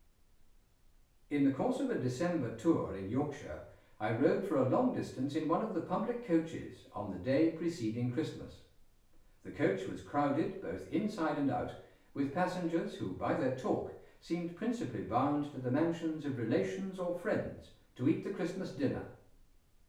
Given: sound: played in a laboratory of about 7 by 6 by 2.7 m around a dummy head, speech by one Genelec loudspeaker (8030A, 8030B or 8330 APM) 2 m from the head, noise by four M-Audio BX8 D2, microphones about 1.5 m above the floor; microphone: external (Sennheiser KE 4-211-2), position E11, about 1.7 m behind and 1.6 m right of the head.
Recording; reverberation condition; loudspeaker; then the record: male speech in English; medium; 60 degrees to the right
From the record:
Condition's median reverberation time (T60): about 510 ms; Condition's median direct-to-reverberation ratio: about -0.5 dB